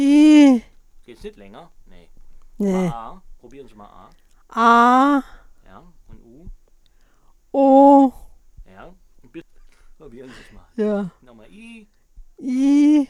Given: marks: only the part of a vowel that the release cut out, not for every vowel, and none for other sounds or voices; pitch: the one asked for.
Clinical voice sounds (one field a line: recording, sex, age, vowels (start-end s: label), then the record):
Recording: sustained vowels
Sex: female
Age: 60 to 69 years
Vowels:
0.00-0.50 s: vowel /i/, normal pitch
4.62-5.13 s: vowel /a/, normal pitch
7.55-8.07 s: vowel /u/, normal pitch
12.46-12.98 s: vowel /i/, high pitch
From the record:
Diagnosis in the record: central laryngeal movement disorder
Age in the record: 60 years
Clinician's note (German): Aphasie-Dysphonie, re Stimmlippe eingeschränkt